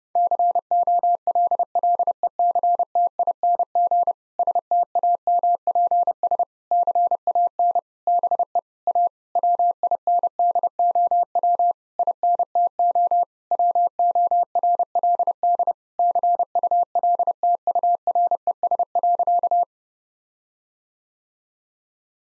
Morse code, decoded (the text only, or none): COLLECTING STAMPS CAN BE A WINDOW INTO WORLD CULTURES.